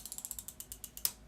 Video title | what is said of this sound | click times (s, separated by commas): OZEMPIC REBOOT WEEK #2. How’s I Do? - Positively Kimmie | push the button you'll hear the clicking | 0.1 s, 0.2 s, 0.3 s, 0.4 s, 1.1 s